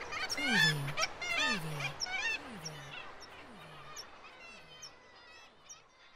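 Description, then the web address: Black-legged kittiwakes giving loud, rising and falling nasal calls that overlap early on, then fade, over a repeating low swooping tone. Nesting birds. "KITTIWAKE NESTING"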